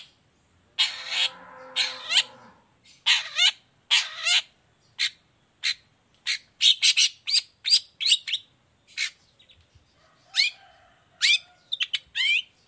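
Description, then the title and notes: Long-tailed shrike song opening with rasping harsh notes, followed by quick chirps and downslurred whistles in irregular bursts. Cendet in the morning, lively 'gacor' singing with 'toet toet' and full variation, clear voice, said to be very easy for any kind of cendet to imitate. "Cendet Gacor Dor Di Kala Pagi Toet Toet Variasi Suara J. Efektif Cendet Gacor Suara Jernih Full Variasi Sangat Mudah Di Tiru Cendet Jenis Apapun. Burung cendet"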